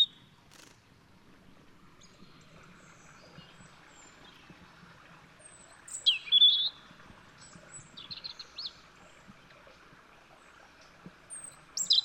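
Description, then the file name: European robin giving a few short high warbled bursts and thin squeaky notes over faint background noise. "Erithacus rubecula"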